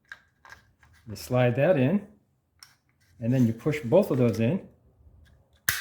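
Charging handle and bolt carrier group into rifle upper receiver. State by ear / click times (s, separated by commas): seated / 5.7 s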